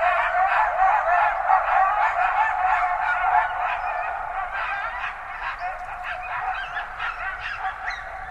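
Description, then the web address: Coyotes in a dense group chorus of overlapping yips, yelps and wavering high howls, fading slightly toward the end. Several coyotes recorded on 20 January 2012. "sounds mammals Coyote 2012 01 20 Coyotes"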